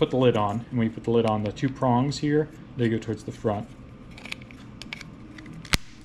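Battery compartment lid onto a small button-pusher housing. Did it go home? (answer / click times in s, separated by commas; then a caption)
yes / 5.7 s. Someone talks while the plastic battery lid is put back onto a small button-pusher housing, with its two prongs facing the front. A few small plastic clicks around 4.3–5.0 s lead to one sharp snap at 5.7 s as the lid seats.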